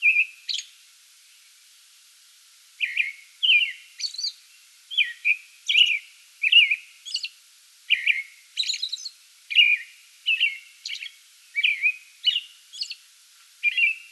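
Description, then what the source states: American robin song: a first phrase, a pause, then a long series of warbled, slurred phrases alternating with thin high notes, delivered almost without break. Pre-dawn song bout, recorded 8 May 2022.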